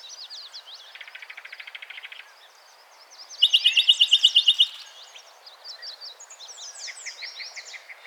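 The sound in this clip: Yellow-breasted chat song: a fast dry rattle of even notes, a pause, then a louder rapid run of about a dozen clipped notes, with high twittering notes around.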